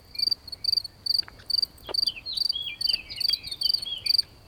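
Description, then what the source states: Cricket giving short high chirps about twice a second, alongside a few sliding bird calls and light clicks. Recorded on an evening walk.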